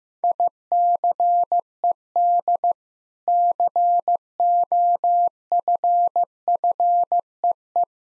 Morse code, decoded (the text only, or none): ICED COFFEE